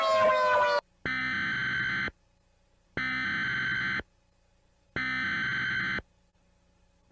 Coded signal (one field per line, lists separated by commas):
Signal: Emergency Alert System (SAME) tones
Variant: header bursts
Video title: Rating eas alerts again